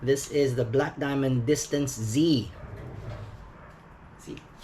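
Someone talks while holding a Black Diamond Distance Z folding aluminum trekking pole, then the speech stops and faint handling noises follow, with small knocks near 4.4 and 4.6 seconds. The pole sections are being handled but have not snapped into place yet; nothing has seated or clicked.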